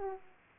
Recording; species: mosquito wingbeat signal from an infrared sensor; Aedes aegypti